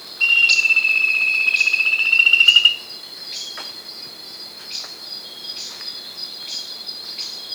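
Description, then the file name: Bird call: an opening whistled note with fast pulsing, rising slightly at its end, followed by several seconds of high ticking insect-like buzz alone. "SABIOD 50 bird 2015"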